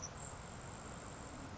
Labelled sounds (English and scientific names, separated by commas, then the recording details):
Grasshopper Sparrow (Ammodramus savannarum)
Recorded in Sonoma County, California